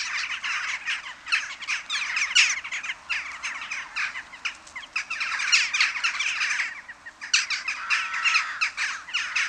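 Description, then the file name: Western jackdaw roost chorus: a massed clamour of harsh, overlapping calls, with a short lull partway through before the noisy chatter resumes. Many jackdaws calling together at a communal roost. "Kauwenslaapplaats - luc de bruijn"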